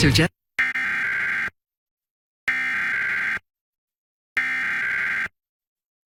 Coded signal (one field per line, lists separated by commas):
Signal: Emergency Alert System (SAME) tones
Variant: header bursts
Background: speech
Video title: New Jersey RMT for June 2023 [EAS #496-509]